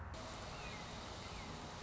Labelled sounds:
Red-shouldered Hawk
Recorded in Sonoma County, California

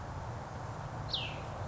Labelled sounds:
Cassin's Vireo
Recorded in Sonoma County, California

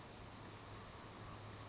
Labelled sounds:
California Towhee
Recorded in Sonoma County, California

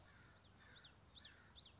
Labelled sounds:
Common Yellowthroat
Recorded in Sonoma County, California

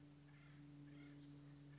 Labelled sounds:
Acorn Woodpecker
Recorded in Sonoma County, California

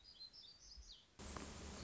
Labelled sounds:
Black-throated Gray Warbler
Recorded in Sonoma County, California

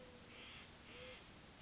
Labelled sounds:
Mourning Dove
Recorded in Sonoma County, California

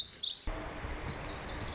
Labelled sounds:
Lazuli Bunting
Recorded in Sonoma County, California

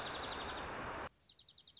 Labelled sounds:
Dark-eyed Junco
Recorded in Sonoma County, California

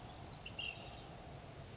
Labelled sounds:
Ash-throated Flycatcher
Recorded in Sonoma County, California

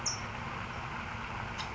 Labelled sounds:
California Towhee
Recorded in Sonoma County, California

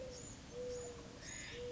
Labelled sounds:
Mourning Dove
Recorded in Sonoma County, California

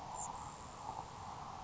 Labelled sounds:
Grasshopper Sparrow
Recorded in Sonoma County, California

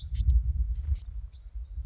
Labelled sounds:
Bewick's Wren
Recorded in Sonoma County, California

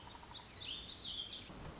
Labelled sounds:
Black-throated Gray Warbler
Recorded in Sonoma County, California

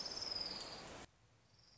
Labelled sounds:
Orange-crowned Warbler
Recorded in Sonoma County, California

